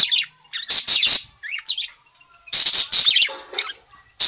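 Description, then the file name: Parakeet calls: a few loud, grating high chirps, then brief twittering, then another cluster of rasping notes. Calling parakeet, described as gacor, meaning in full, lively voice. "suara burung parkit gacor memanggil"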